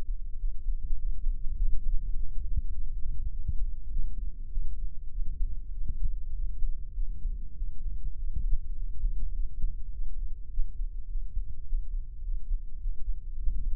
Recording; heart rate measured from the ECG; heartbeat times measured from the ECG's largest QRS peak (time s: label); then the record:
heart sounds by microphone in the left ear; 102 bpm
0.40 s: heartbeat
0.99 s: heartbeat
1.58 s: heartbeat
2.16 s: heartbeat
2.74 s: heartbeat
3.32 s: heartbeat
3.92 s: heartbeat
4.52 s: heartbeat
5.13 s: heartbeat
5.73 s: heartbeat
6.35 s: heartbeat
6.95 s: heartbeat
7.57 s: heartbeat
8.17 s: heartbeat
8.77 s: heartbeat
9.36 s: heartbeat
9.94 s: heartbeat
10.52 s: heartbeat
11.10 s: heartbeat
11.67 s: heartbeat
12.24 s: heartbeat
12.82 s: heartbeat
13.39 s: heartbeat
From the record:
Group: healthy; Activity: cold pressor test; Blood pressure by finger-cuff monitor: 165/97 mmHg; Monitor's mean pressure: 114 mmHg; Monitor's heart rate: 104 bpm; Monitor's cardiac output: 7.8 L/min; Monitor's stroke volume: 77 mL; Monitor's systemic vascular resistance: 1080 dyn s/cm5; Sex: male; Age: 21 years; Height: 175 cm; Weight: 72.6 kg